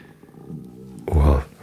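A soft, low gurgling rumble from an adult man's belly builds for about a second, then breaks into a louder, deep growl lasting about a third of a second before fading. This is ordinary stomach growling (borborygmi), the harmless sound of gas and fluid moving through the gut, occurring even though he has eaten enough.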